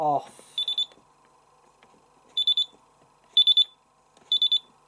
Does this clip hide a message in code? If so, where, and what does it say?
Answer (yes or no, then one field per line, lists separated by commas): no